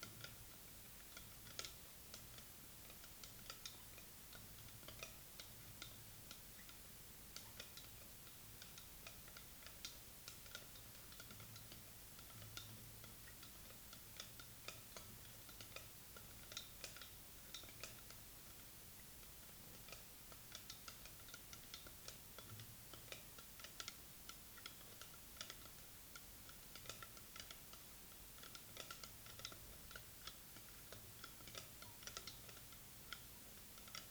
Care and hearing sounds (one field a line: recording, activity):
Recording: daily activity, guitar pickup as the sensor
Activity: fry